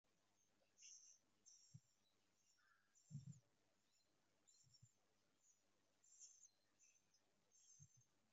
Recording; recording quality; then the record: shallow breathing; excellent, no background noise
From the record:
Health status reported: healthy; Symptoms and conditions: none ticked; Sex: female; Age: 54 years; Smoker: not ticked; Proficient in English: yes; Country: India